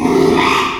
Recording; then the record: squeal of a Yucatan mini pig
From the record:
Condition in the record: after surgery on the right vocal fold (resection and tissue-engineered implant); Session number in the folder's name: 1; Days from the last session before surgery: 6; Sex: male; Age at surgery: 12 weeks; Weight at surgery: 13 kg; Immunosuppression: cyclosporine, prednisolone